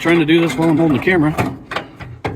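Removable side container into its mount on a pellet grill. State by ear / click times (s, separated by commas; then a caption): seated / 2.3 s. Someone talks while sliding a removable side container back onto its mount on a Traeger Ironwood wood pellet grill, fitting it over a small button. Faint scraping follows, then a sharp click at 2.3 s as the container snaps into place.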